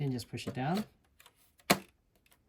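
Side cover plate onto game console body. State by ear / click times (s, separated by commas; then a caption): seated / 1.7 s. Someone talks while a plastic side cover plate, hooked in at the front, is pressed down onto the body of a PS5 Slim game console. A sharp, loud snap at 1.7 s, followed by a few faint ticks, is the plate clicking home, and it is seated.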